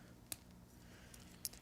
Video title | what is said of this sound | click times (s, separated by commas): 1968 Chevrolet C-10 with Tandem Trailer from Greenlight's Hitch and Tow Series 26 | and so it does click in uh you heard the positive click on what I just did and | 1.4 s